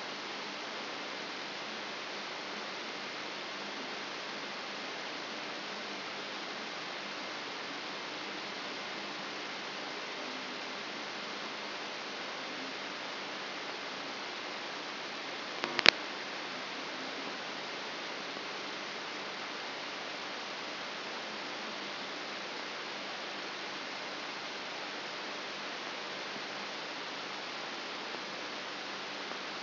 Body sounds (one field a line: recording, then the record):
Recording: brain microelectrode recording played as sound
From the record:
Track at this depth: inside the subthalamic nucleus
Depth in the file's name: 1.905 mm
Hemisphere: left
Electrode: 3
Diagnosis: Parkinson's disease